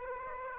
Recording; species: mosquito wingbeat signal from an infrared sensor; Aedes aegypti